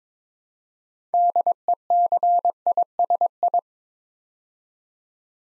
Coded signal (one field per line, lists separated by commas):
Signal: Morse code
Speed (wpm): 21 wpm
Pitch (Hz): 700 Hz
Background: none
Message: DECISI